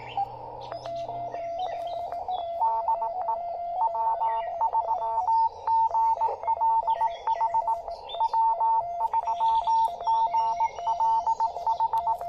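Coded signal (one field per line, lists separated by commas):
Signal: Morse code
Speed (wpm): 18 wpm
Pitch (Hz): 900 Hz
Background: music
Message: DE WSAGLH W3GLH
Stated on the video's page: POTA activation at a state park, likely using a Yaesu FT-818ND keyed with a BaMaKeY TP-III twin paddle.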